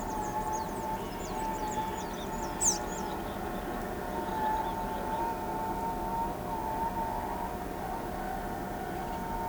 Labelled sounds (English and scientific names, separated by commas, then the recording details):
Blue-gray Tanager (Thraupis episcopus)
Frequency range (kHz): Blue-gray Tanager (Thraupis episcopus) 2.9-10.7 kHz
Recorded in pastures near Pivijay, Magdalena, Colombia, on 14 April 2023 at 12:30
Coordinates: 10.456, -74.369
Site P6-G026